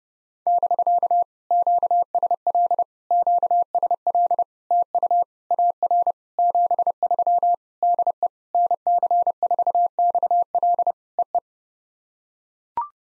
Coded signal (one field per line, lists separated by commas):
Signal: Morse code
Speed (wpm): 30 wpm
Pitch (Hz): 700 Hz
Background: none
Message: <BK> QSL QSL TU AR 73 DE NC4XL EE